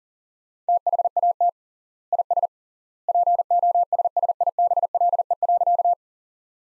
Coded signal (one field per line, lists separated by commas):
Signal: Morse code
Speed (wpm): 40 wpm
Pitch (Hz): 700 Hz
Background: none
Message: THAT IS POSSIBLE.